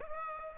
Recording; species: mosquito wingbeat signal from an infrared sensor; Aedes aegypti